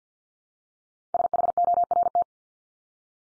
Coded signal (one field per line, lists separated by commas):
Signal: Morse code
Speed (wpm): 50 wpm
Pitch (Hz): 700 Hz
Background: none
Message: SHORT